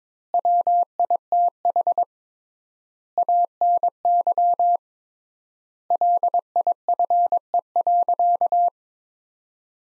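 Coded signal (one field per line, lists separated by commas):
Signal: Morse code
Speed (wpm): 22 wpm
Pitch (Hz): 700 Hz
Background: none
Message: WITH ANY LIFE.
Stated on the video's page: Computer-generated practice sentences from the top 300 words at 22 wpm with 3x word spacing, a Farnsworth-like method applied to words.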